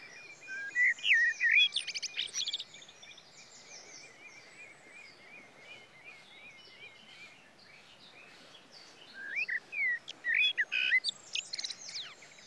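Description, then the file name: Common blackbird singing two warbled phrases, each with a twittering end. A thin repeated trill fills the quieter gap between them. "Turdus merula"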